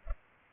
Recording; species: mosquito wingbeat signal from an infrared sensor; Culex pipiens